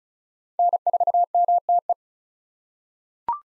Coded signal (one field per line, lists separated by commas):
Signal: Morse code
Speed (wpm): 34 wpm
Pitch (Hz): 700 Hz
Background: none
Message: N4MTE